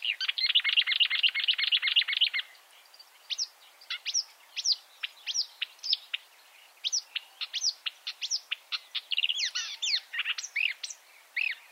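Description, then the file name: Marsh warbler song opening with a rapid buzzy trill, then spaced sharp notes and slurred whistles in a varied sequence. "suara-kicauan-burung-marsh-warbler -omkicau"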